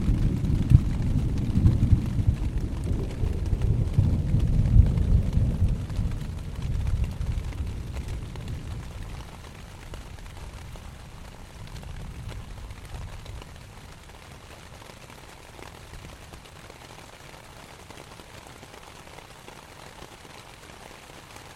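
A deep roll of thunder rumbles loudly for the first eight seconds and slowly fades, leaving steady, fine rain pattering on a tent.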